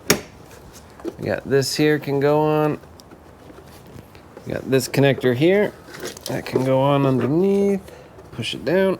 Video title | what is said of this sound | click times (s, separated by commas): 2002-2012 Jeep Liberty Front Strut Replacement How To DIY | we can put this on. Just push it down until it clicks. | 0.1 s